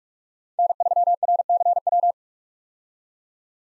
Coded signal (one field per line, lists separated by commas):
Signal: Morse code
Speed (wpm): 43 wpm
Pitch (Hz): 700 Hz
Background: none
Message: N3RCW